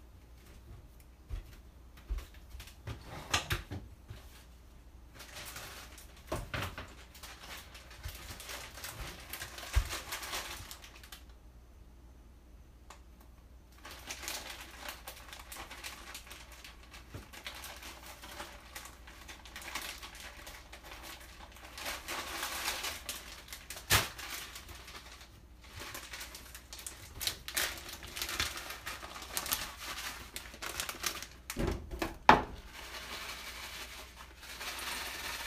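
Okonomiyaki cooking, heard as a continuous sizzle with dense crackling that swells and fades across the clip, quieter briefly around eleven to thirteen seconds. Sharp clicks and knocks, like a spatula tapping the griddle, land every few seconds, with a strong one near thirty-two seconds.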